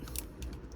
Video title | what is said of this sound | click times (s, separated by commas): Toyota RAV4 2019-21 OEM Center Console LED Ambient Lighting Lamp install LE XLE ADVENTURE TRD LIMITE | Wait, there you go. It snaps. | 0.2 s